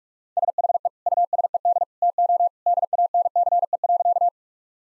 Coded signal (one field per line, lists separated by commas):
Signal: Morse code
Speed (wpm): 46 wpm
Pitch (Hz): 700 Hz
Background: none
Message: SHE USED TO DANCE.